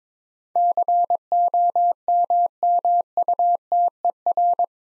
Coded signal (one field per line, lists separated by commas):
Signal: Morse code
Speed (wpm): 22 wpm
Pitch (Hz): 700 Hz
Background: none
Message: COMMUTER